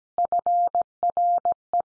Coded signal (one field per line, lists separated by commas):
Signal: Morse code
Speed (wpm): 17 wpm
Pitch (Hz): 700 Hz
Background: none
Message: FRE